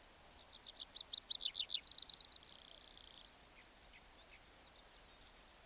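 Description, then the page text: Tree pipit song: a series of repeated chirps, then a buzzy trill and several thin, high whistles. "Звуки птиц - Лесной конек"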